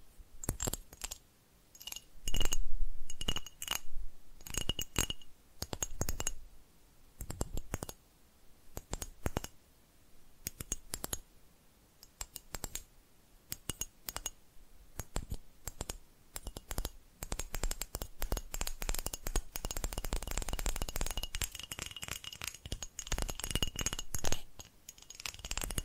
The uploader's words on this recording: ASMR Tapping Different Areas of Your Brain 3D Panning Triggers (No Talking).